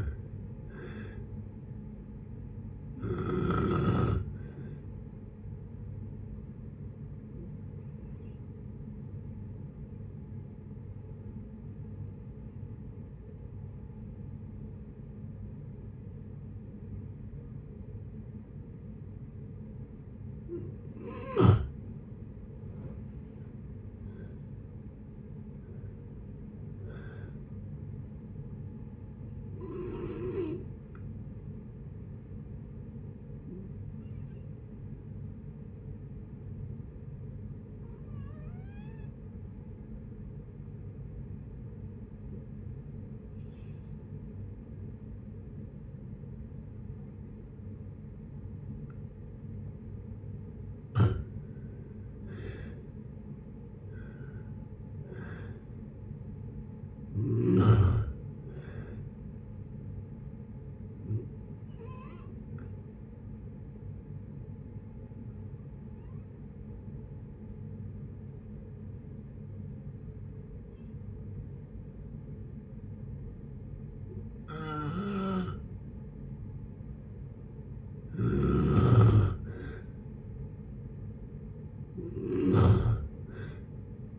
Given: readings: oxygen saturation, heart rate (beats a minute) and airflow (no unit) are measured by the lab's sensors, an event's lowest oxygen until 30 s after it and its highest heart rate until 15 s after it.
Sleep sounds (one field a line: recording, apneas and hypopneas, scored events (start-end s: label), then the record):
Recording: breathing in sleep by a smartphone at the bedside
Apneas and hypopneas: 3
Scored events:
6.00-22.20 s: hypopnea (N1, oxygen 96% highest, then 88% lowest, heart rate 71 at the start, 76 highest)
30.00-60.00 s: new sleep stage, N2 (light sleep)
32.00-52.00 s: hypopnea (N2, oxygen 95% highest, then 83% lowest, heart rate 65 at the start, 70 highest)
60.00-84.19 s: new sleep stage, N1 (lightest sleep)
64.00-79.60 s: hypopnea (N1, oxygen 95% highest, then 91% lowest, heart rate 62 at the start, 69 highest)
From the record:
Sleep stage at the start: N1 (lightest sleep)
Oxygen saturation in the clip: 83 to 96%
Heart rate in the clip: 58 to 76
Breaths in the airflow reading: 18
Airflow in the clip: -7.1 to 11.3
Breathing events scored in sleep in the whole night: 496 in 5.4 hours asleep